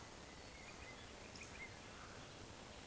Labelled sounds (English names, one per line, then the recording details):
Eurasian Woodcock
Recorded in Baden-Württemberg, Germany, on 16 June 2020 at 19:56 UTC
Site 14569, 102 m above sea level